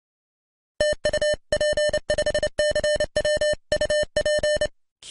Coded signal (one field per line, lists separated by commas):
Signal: Morse code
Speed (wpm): 29 wpm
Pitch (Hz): 600 Hz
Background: music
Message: TU P5CW UP